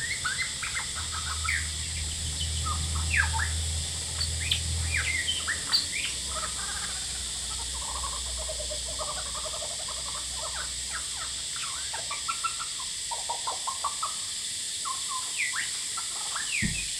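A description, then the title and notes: A male lyrebird sings busy, varied chirps and whistles over a steady high cicada drone, with a low hum fading after six seconds. Lyrebird - Horsfield Bay NSW. Male lyrebird just going bonkers outside my window while I was trying to work today. The noise you are hearing is actually cicadas trying to get laid every bit as hard as the lyrebird is.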